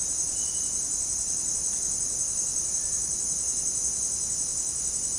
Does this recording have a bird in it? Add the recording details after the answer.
no. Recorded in dense forest near Puerto Asís, Putumayo, Colombia, on 25 June 2025 at 17:00. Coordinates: 0.499, -76.324. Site G100